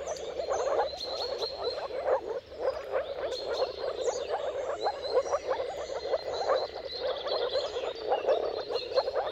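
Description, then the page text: Moor frogs calling together, a steady wash of short pulsed gurgling notes, joined by occasional high bird whistles. Chorus of moor frog mating calls at sunrise, at the turn of March and April, timing depending on the weather. "Dawn’s Chorus: Mating Calls of Marsh Frogs at Sunrise. Depending on the weather at the turn of March and April, you can witness an amazing spectacle of moor frogs. Jakub-Orzecki moor frogs"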